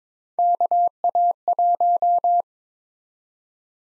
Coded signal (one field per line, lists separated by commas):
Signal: Morse code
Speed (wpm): 22 wpm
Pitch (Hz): 700 Hz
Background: none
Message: KA1